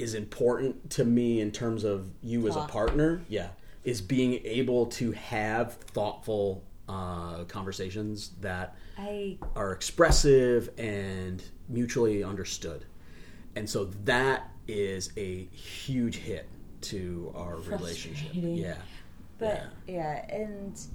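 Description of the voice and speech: A man speaks in a low-pitched, steady voice in a small quiet room, with a few drawn-out hesitation sounds and short pauses. The speech is ordinary and fluent, with clear articulation and no sign of a speech or voice disorder.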